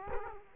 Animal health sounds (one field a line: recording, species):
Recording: mosquito wingbeat signal from an infrared sensor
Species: Culex quinquefasciatus